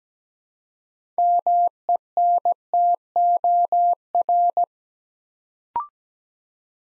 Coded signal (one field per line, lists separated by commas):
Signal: Morse code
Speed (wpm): 17 wpm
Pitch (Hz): 700 Hz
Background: none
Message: MENTOR